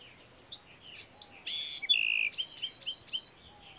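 Bewick's wren song phrase opening with thin high notes, moving into a harsh buzzy stretch and a lower burry note, then closing with a crisp trill of several rapid chips.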